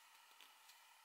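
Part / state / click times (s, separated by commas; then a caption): retaining ring onto plastic clutch mechanism of a rear derailleur / not seated / none. A retaining ring is pressed gently with a fingernail onto the plastic part of a Shimano rear derailleur clutch mechanism. Quiet handling noise is heard, with a brief faint tick at about 0.4 s and another near 0.7 s. Nothing has seated or clicked into place yet.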